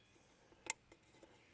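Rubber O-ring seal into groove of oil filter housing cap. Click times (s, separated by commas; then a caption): 0.7 s. A new, oiled rubber O-ring seal is looped around the plastic oil filter housing cap of a 2012 Audi A6 3.0T C7 and pushed into its groove. Faint small ticks lead up to one sharp, bright snap at 0.7 s, followed by a few softer ticks. The seal is seated in the groove.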